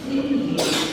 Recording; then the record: coughing mixed with background sound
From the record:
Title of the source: 61 morning phlegmy cough...again